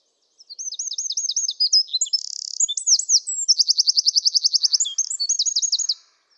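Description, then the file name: Eurasian wren song, a loud rapid outpouring of high chattering notes with a dry buzzy section and a fast rattling trill, lasting about five and a half seconds. "Troglodytes troglodytes"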